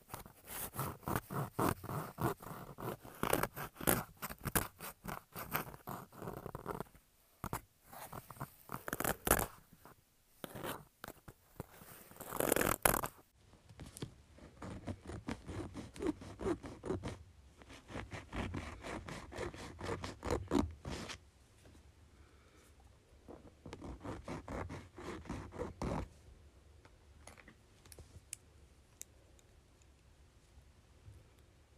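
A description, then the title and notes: Nails are being clipped and filed, with dense runs of quick scratchy strokes that come in bursts and pause now and then. The first thirteen seconds are louder and rougher, then the rasping turns lighter and thinner, with a few sharp snips scattered throughout. ASMR Cutting and Filing my Nails.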